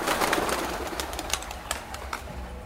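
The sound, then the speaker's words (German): A pigeon flies in through an open glass door into a busy main railway station hall, circles once and lands on a ledge above café guests. Short bursts of flapping and faint fluttering sound over a steady wash of hall noise, with no talking. “Durch die geöffnete Glastür fliegt eine Taube hinauf in die Bahnhofshalle.”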